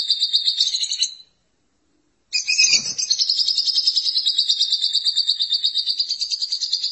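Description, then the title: Lovebird song: a shrill twittering chatter, a pause of about one second, then a loud sharp squeal leading into a sustained, fast, high buzzy trill. "BM Suara Burung Lovebird"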